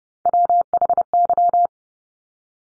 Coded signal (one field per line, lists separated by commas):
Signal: Morse code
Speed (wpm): 30 wpm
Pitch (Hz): 700 Hz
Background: none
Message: WHY